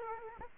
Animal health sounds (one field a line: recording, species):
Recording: mosquito wingbeat signal from an infrared sensor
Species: Aedes aegypti